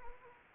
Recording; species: mosquito wingbeat signal from an infrared sensor; Anopheles arabiensis